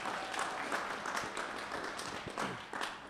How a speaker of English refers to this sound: I don't hear you guys clapping very loud for these people.